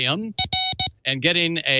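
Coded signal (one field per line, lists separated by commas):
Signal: none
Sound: background music synth notes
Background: speech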